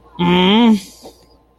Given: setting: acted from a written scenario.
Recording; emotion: vocal sound without words; anger